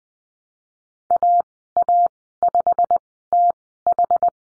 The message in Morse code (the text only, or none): AA5TH